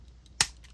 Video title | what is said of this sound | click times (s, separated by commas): Road Pig, The Lynx & Whirlwind GI Joe Real American Hero Action Vehicles and Figure Spotlight | and um the wheels will fold up snap into place | 0.4 s